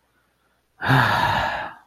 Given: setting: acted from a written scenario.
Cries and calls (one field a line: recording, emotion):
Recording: vocal sound without words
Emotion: serenity